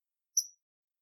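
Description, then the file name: Common kingfisher giving a single sharp, high-pitched whistled call that is very short and falls away quickly, with silence before and after. Recorded 22 July 2022 at Eura. "Alcedo atthis Eura 220722"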